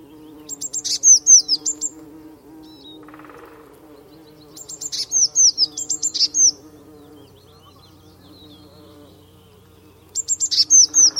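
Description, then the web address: Eurasian blue tit calls: bouts of quick high notes and thin downslurred notes, given three times several seconds apart, over a low hum. "cianscape birddata Deverinetal 2025 Bird Only Cy Ca"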